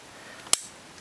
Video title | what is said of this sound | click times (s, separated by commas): Leatherman Wave Multi-Tool Review | then once you pull it all the way out you just close it like that locks | 0.5 s